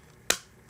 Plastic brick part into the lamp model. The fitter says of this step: clicks into place, and